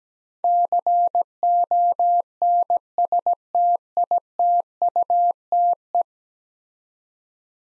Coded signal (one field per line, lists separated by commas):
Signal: Morse code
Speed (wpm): 17 wpm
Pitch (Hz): 700 Hz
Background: none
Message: CONSTITUTE